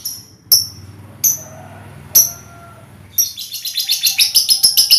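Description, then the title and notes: Lovebird chattering song: a few spaced sharp high chirps, then a fast run of shrill, rapidly repeated notes building toward the end. Lovebird ngekek song, used as a lure song (kicau pancingan). "Master Kicau Lovebird ngekek, kicau pancingan"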